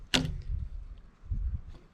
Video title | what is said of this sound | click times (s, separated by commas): New carbon Tornado rudder parts | so you can hear that click as it goes down | 0.1 s